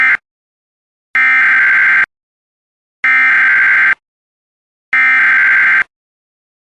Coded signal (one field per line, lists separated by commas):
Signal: Emergency Alert System (SAME) tones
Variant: header bursts